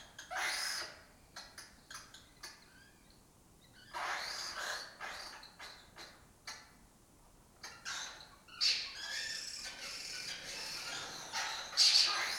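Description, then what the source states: Lesser kestrel calls: harsh, grating notes in uneven clusters, some quiet gaps, then a loud burst of rasping calls near the end. Breeding colony that took over an abandoned building in Doñana, southern Europe; a migratory raptor that forages in West Africa and breeds in southern Europe.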